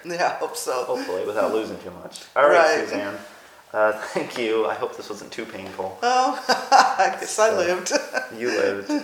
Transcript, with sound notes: Yes, I hope so [laughs]
Hopefully, without losing too much.
Right.
All right, Suzanne. Thank you. I hope this wasn’t too painful.
Well [laughs] I guess I lived.
You lived.